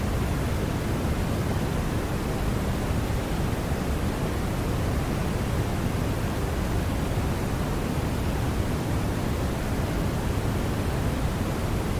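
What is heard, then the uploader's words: Steady brown noise fills the whole twelve seconds, a dense, even rush weighted toward deep low rumble, with the upper hiss rolled off and soft. Its level never shifts, and no separate events or background sounds break through. Brown Noise.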